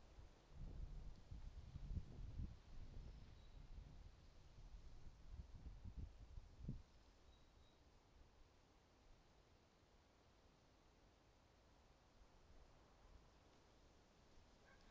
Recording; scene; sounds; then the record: everyday scene through a hearing-aid microphone; wind on the microphone; wind, traffic, birds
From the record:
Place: suburban garden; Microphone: in the ear canal, right